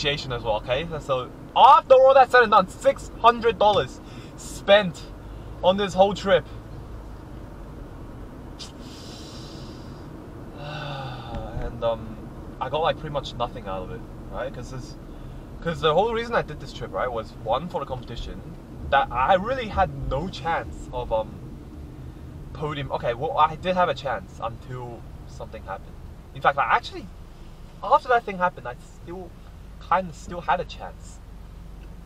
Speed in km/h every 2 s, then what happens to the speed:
49, 48, 47, 48, 47, 43, 40, 38, 35, 33, 30, 24, 17, 8, 0, 0.
0-8 steady at about 48. 8-28 slows to 0. 28-32 standing.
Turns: none.